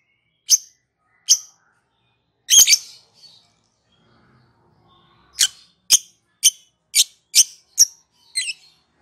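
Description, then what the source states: Lovebird call: sharp high chirps, one harsh double shriek, then a quick series of piercing chirps roughly every half second. Lovebird calling in the style called ngekek in Indonesian.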